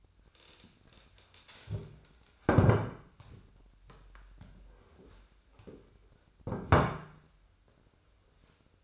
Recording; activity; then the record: daily activity, microphone in the room; stand up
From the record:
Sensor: 2